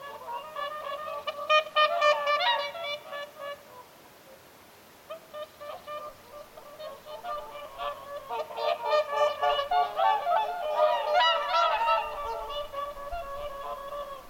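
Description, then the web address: Whooper swans give a chorus of bugling, trumpet-like honks, many birds calling over one another in overlapping bursts with a short lull near four seconds. Whooper swans calling at Lintulahti, 6 November 2025. "paivat 6 11 2025 laulujoutsenten aantelya lintulahdella"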